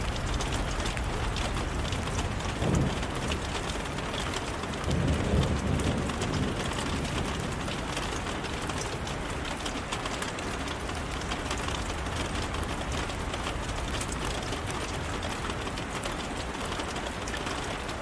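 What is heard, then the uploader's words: A thunderstorm with steady, dense rain hissing across all pitches and holding an even loudness throughout. Two brief low rumbles rise out of the rain, a short one near three seconds and a fuller one around five to six seconds, then fade back into the downpour. Thunderstorm Sounds.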